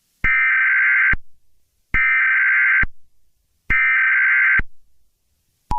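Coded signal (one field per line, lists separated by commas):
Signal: Emergency Alert System (SAME) tones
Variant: header bursts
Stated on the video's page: Fictional EAS scenario retelling a game in emergency alert broadcasts.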